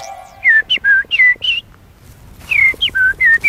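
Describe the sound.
A person whistles an imitation of a blackbird's song, a fluting phrase: two bursts of four or five clear, sliding notes around mid-high pitch, separated by a brief pause, with no talking.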